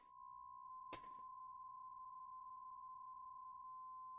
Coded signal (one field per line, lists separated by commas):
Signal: PSK63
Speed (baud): 62.5 baud